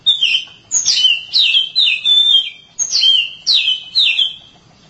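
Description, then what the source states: Oriental magpie-robin song: loud, clear whistled phrases, each sliding downward, delivered in quick succession with a short pause midway. Long-duration song.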